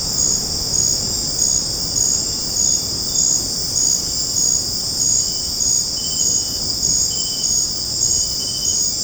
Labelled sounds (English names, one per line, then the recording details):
none
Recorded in secondary vegetation near Puerto Asís, Putumayo, Colombia, on 12 March 2025 at 19:30
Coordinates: 0.481, -76.318
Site G097